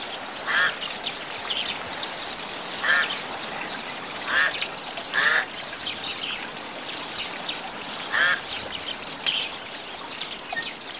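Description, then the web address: Bird calls: six or so harsh, nasal quacking notes at uneven intervals, some louder than others, above a continuous high-pitched hissing background. "audio animali uccelli 05 uccelli birds 01"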